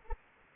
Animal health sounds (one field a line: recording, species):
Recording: mosquito wingbeat signal from an infrared sensor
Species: Anopheles arabiensis